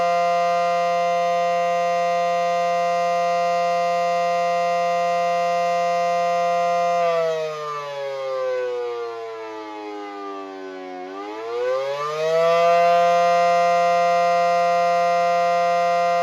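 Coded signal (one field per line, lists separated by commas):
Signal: siren signal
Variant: Federal Signal SD10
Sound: loud steady mechanical siren wail, dipping in pitch once then rising back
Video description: Siren signal attack for 5 minutes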